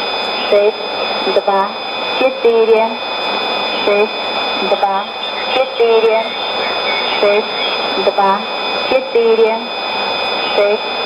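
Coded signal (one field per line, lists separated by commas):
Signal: numbers station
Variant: S06s, Russian female voice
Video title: 04 08 2016 Number station S06s Russian Lady to Eu 0910 on 7161 unknown tx site CUSB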